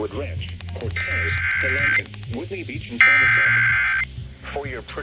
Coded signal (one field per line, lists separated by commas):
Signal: Emergency Alert System (SAME) tones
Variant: header bursts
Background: speech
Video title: EAS # 1036-1074: Marginally Enducive II: Memorial Day Week Alerts (EAS Alerts from 5/30-6/1/22)